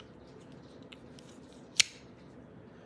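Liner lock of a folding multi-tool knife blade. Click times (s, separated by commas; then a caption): 1.8 s. The steel knife blade of a Viperade folding multi-tool is opened firmly so its liner lock snaps into place behind it, after an earlier attempt that did not lock fully. A few faint ticks come first, then one sharp, bright metallic click at 1.8 s. The liner lock is engaged and holding the blade open.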